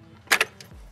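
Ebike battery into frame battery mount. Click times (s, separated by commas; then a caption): 0.3 s. A removable battery for a Ride1Up Prodigy V2 e-bike is reinserted terminals-first into its frame mount and pushed home. A sharp click at 0.3 s is followed by a second click at 0.4 s and a faint tick at 0.6 s, with music in the background. The battery snaps into place and is seated.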